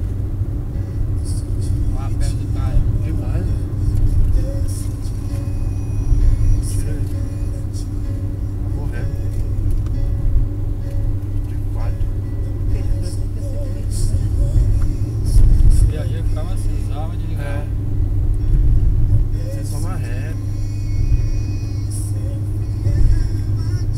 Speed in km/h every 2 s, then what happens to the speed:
66, 66, 66, 66, 67, 67, 67, 68, 68, 68, 69, 70.
0-24 steady at about 67.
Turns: none.